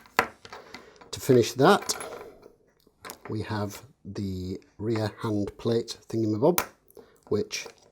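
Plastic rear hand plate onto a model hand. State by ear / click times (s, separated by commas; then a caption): not seated / none. A plastic rear hand plate for an Iron Man DeAgostini/Fanhome Part 3 right hand model is handled near the hand, with a sharp tap at about 0.2 s and a few small handling knocks up to 1.0 s. Someone talks throughout. The plate has not yet been snapped into place, so nothing has seated or clicked yet.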